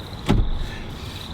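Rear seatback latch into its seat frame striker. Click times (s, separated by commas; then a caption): 0.3 s. After the release lever is pulled, the folded 60-40 split rear seatback of a 2021 Hyundai Santa Fe is pushed back up. A single short, solid thump is heard at 0.3 s as the seatback latch catches its seat frame striker, over a faint steady high-pitched tone. The seatback is latched upright.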